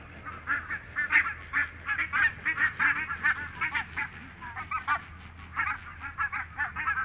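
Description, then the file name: Barnacle goose calls, short high barking yelps from several birds in quick, uneven succession, roughly one or two per second, over a low background hum. "valkoposkihanhi"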